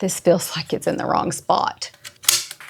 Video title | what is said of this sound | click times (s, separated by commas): I Tried This Pooper Scooper So You Don’t Step in It | Pops right in there. | 2.3 s